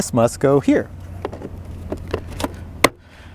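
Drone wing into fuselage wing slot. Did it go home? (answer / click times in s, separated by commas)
yes / 2.8 s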